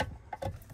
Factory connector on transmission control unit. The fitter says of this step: You squeeze that in. You hear it click. You squeeze it in and pull.